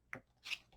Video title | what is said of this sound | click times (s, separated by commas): Square Drills? !!!!!! Don't Be Afraid😲 | anyway so i'm gonna yeah you can hear some of them click right into place | 0.1 s